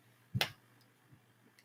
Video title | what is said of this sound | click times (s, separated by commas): LETS TALK BOWLING | and then you take it and you put your thumb in there and you screw it to you hear it click listen | 0.4 s